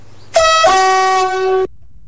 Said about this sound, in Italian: Fortunatamente il mio stato di equilibrio precario non mi impedisce di sterzare evitando il possibile impatto, né di suonare clacson, gesto automatico in queste situazioni.